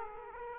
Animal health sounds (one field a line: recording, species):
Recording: mosquito wingbeat signal from an infrared sensor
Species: Aedes aegypti